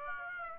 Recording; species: mosquito wingbeat signal from an infrared sensor; Aedes aegypti